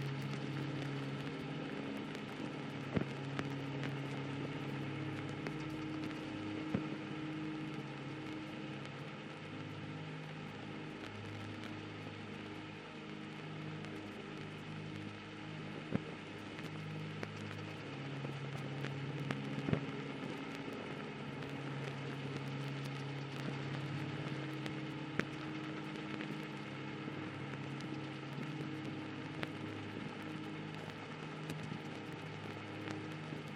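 Steady vinyl static hisses over soft, low sustained music tones, with scattered faint crackles and occasional sharper pops throughout.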